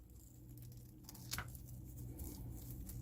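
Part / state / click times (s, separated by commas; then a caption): swappable plastic hand going onto an action figure's wrist peg / not seated / none. A swappable plastic hand is handled near an action figure's wrist peg, making soft patters and brief crinkly handling noises with a few sharp ticks around 1.1 to 1.6 seconds. Nothing has seated or snapped onto the peg yet.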